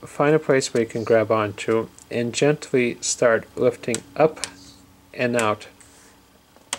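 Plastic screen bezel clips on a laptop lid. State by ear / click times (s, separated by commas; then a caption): released / 6.7 s. Someone talks while fingertips pry the plastic screen bezel of a Lenovo IdeaPad P500 laptop lid up and out from the display side. A sharp snap at 6.7 s marks the bezel clips letting go and the bezel coming loose.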